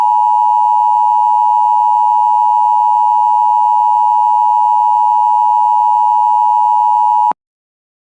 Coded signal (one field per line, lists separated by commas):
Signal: Emergency Alert System (SAME) tones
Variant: 853 and 960 Hz attention tone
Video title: EAS #226 Severe Thunderstorm Warning On WJON-IP